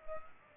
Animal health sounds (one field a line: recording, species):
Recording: mosquito wingbeat signal from an infrared sensor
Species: Culex pipiens